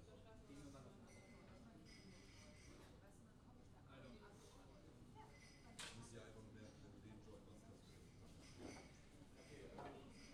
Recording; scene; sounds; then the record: everyday scene through a hearing-aid microphone; many people talking; many voices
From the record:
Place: university cafeteria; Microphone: in the ear canal, left